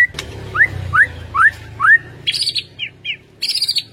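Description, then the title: White-rumped shama song: a short whistle, then four upslurred notes about every half second, followed by higher, buzzier chattered notes over a low background hum. Masteran training track for songbirds, featuring full 'ngerol' (rolling) and 'nembak' (shooting) song styles. "Masteran Murai Batu Full Ngerol Nembak"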